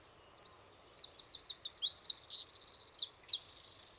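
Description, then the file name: Eurasian wren delivering a fast, high, warbled sequence of rising and falling notes that includes a quick trill. "Troglodytes troglodytes"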